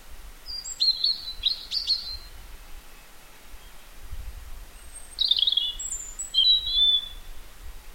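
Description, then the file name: European robin song: a high tumbling phrase of quick notes, a pause, then a second sweet warbled phrase sliding downward, with soft rumble beneath. "Erithacus rubecula"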